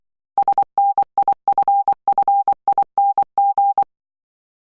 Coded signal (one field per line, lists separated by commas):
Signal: Morse code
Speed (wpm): 23 wpm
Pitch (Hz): 800 Hz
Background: none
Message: SNIFFING